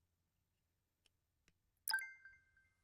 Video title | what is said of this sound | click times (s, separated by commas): How to Install or Replace Nozzles on your Rain Bird Rotor (3500, 5000, 32SA & More) | Align your nozzle with the nozzle socket and push until it kind of clicks into place. | 1.9 s